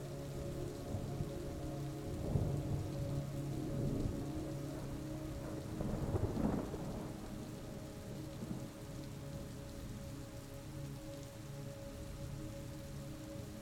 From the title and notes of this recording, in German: Der Lärm des GEWITTERS und die RUHIGE Musik. Die natürlichen Klänge eines erfrischenden Gewitters sich mit sanften und beruhigenden Melodien vermischen.